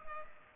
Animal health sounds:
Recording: mosquito wingbeat signal from an infrared sensor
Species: Culex pipiens

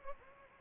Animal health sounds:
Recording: mosquito wingbeat signal from an infrared sensor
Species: Anopheles gambiae

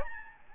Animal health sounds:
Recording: mosquito wingbeat signal from an infrared sensor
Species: Aedes albopictus

